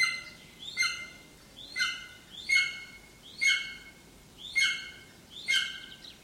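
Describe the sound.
Bird calls: six loud, raspy notes that drop in pitch, spaced about a second apart, over low background noise.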